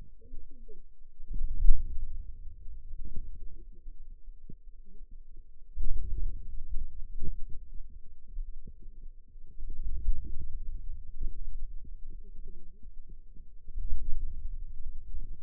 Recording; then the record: forearm muscle sounds (acoustic myography)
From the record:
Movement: wrist extension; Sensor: system 2, bracelet of six BSWA MPA416 microphones around the upper forearm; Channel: 2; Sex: female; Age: 21 years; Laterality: right